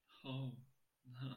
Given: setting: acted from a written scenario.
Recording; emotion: vocal sound without words; sympathy